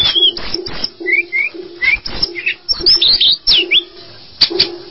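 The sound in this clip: Bird song: brief rising whistles and sharp high chirps over a steady low hum, with intermittent clicking taps.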